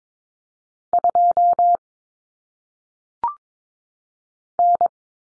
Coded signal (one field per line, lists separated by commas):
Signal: Morse code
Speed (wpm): 22 wpm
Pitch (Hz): 700 Hz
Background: none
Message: 2 N